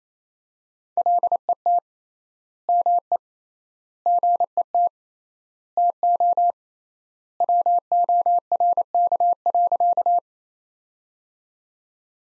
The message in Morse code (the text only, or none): LET ME GET TO WORK.